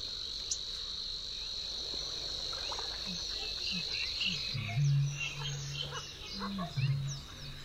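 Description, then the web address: Eurasian bittern: deep booming notes, twice near the end, after several seconds of insect buzzing and faint bird chirps. "Kurs materiały Przyroda Ptaki BĄK"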